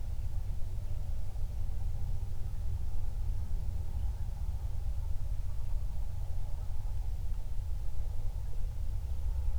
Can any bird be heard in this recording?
yes